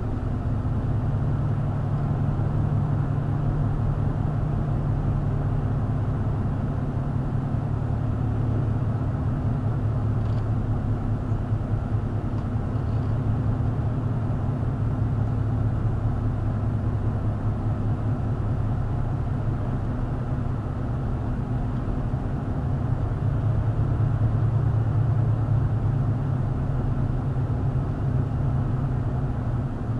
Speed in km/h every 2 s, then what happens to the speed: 44, 45, 48, 47, 45, 44, 44, 44, 42, 42, 40, 47, 47, 44, 42.
20-22 speeds up to 47.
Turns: none.